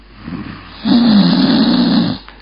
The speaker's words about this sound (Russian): Как только стих тонкий звон крыльев, перекрывавший почти все остальные звуки, стал слышен доносящийся из-за марли храп.